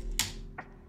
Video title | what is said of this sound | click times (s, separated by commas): ZHIYUN Smooth 5S Review - Fill-Lights are Game Changer | only if I turn this left will it stay locked. | 0.2 s